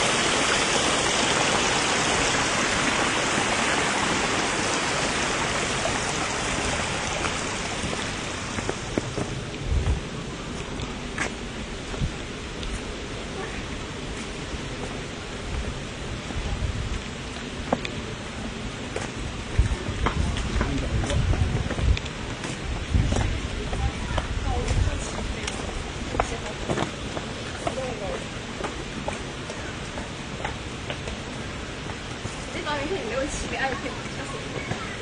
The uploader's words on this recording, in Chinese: 3D录音 山涧泉水。前两天的下午跑到学校后面的岳麓山小路上录的。估计因为是傍晚了，没什么鸟叫。